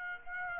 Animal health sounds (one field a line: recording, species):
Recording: mosquito wingbeat signal from an infrared sensor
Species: Aedes aegypti